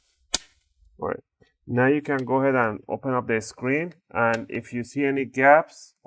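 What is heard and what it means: During reassembly of an HP Pavilion 15 AC laptop, the plastic case is pushed hard on the back corners so its clips snap into the bottom case. A sharp click at 0.4 s marks the case clips seating. Someone then talks.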